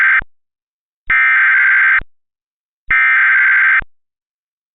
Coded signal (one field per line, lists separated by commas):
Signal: Emergency Alert System (SAME) tones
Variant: header bursts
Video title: Big Chungus - an EAS Scenario